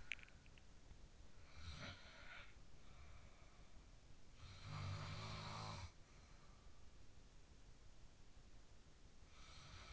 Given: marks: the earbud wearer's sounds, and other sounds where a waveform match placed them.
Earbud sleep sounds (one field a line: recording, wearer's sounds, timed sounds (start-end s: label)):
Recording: sounds in sleep by an in-ear microphone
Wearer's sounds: teeth grinding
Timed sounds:
0.00-0.91 s: teeth grinding
1.32-3.98 s: sound from someone else or the room
4.29-6.87 s: sound from someone else or the room